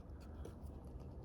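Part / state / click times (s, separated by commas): fixed-blade knife into molded leather sheath / not seated / none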